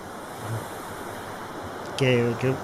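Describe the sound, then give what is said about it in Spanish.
A steady, hissing wash of ocean surf rolls on throughout under sunshine, with gentle swells in loudness, and a voice briefly cuts in over the waves near the end. “Me han despistado, entre las olas y el sol me han despistado.”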